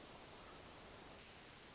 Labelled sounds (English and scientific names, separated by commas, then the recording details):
Hermit Thrush (Catharus guttatus)
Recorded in Sonoma County, California